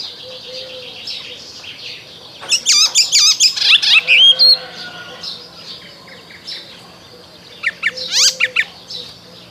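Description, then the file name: Icterine warbler song: one rich burst of jumbled chirps, buzzy notes and whistles, a quiet gap, then a brief second phrase near the end. "Zaganiacz"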